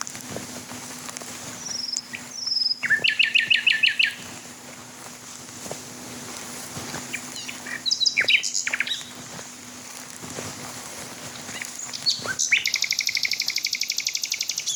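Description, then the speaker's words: Common nightingale song: loud phrases of fast repeated notes, rattling trills and high whistles, broken by pauses, with a steady low hum beneath throughout. Male singing on an absolutely still night in fields, trees casting light shadows, waning half moon, clouds drifting slowly. "Mich würde echt interessieren, ob er andere Männchen noch singen hört, die ich gerade nicht höre."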